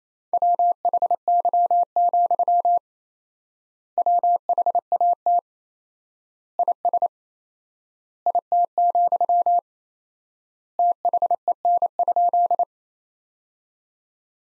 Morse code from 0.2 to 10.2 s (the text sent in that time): WHY, WHAT IS IT,